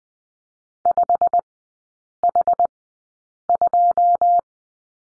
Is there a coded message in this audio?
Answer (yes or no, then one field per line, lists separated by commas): yes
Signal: Morse code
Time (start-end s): 0.8-4.4 s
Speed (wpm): 20 wpm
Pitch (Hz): 700 Hz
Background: none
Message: 5H2